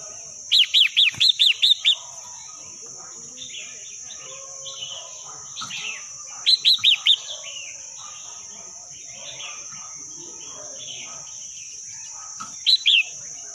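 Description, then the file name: Red-whiskered bulbul song: three bursts of rapid arched chirps spaced several seconds apart, scattered quieter twittering between, and an unbroken high whine. Wild bird singing in the wild forest style, called 'giọng rừng'. "tieng chao mao hot giong rung"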